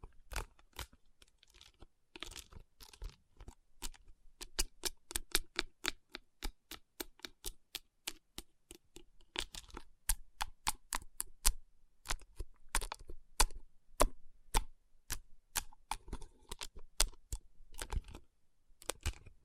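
Fingers tap and rub on rhinestone-covered palms, making a fast, irregular run of sharp, bright clicks that continues for the whole clip. Between the taps there are soft scratchy rustles. The clicks come in uneven clusters with brief pauses, around 2 and 10 seconds.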